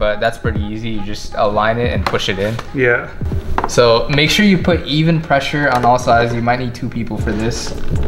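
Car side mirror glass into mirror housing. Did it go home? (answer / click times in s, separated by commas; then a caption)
no / none. Side mirror glass on a BMW M235i is lined up and pushed back onto its plastic backing plate in the mirror housing, with even pressure on all sides, while someone talks over background music throughout. The clip ends before the glass goes home, so nothing has seated or clicked yet.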